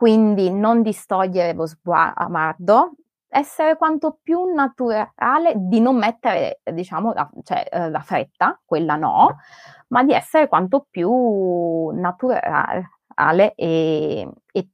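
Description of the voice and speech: An adult woman speaks Italian in mostly fluent phrases, with stretched sounds and brief stalls. She has repeated trouble on the same word, drawing out 'natur-' with creaky, prolonged vowels before a pause. These prolongations and short blocks fit adult stuttering, in which blocks occur even when anxiety is low.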